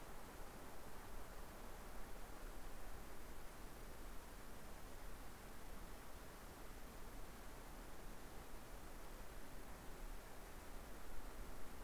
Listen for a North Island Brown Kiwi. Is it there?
no